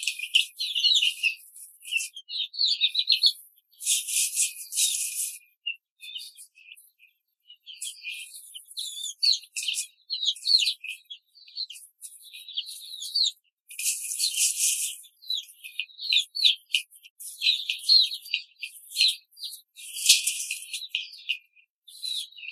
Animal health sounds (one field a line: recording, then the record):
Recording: young laying hens in a cage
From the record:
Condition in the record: control cage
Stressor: none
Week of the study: 5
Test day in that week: 1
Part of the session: 4